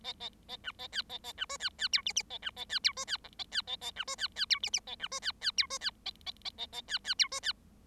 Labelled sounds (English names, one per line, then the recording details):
Bengalese Finch song
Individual Bird7